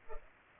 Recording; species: mosquito wingbeat signal from an infrared sensor; Culex pipiens